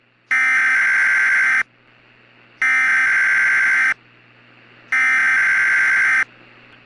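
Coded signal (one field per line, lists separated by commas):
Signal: Emergency Alert System (SAME) tones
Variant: header bursts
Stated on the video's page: Fictional, hypothetical EAS scenario tones for an imagined derecho striking the Gulf Coast.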